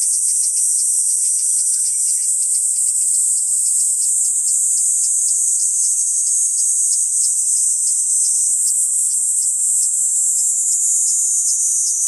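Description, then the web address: Kaempfer cicada producing a steady, intense high buzz with a slight pulsing texture, and a faint short whistle early on. "ニイニイゼミ. arpla 自然音研究室"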